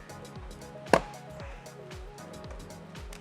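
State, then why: Seated. Side mirror glass on a 2022-2024 Toyota Tundra is pressed back onto the four pegs inside the truck's side mirror housing until it clips in. A single sharp snap is heard at 0.9 seconds over quiet background music. The glass is seated and snapped back in place.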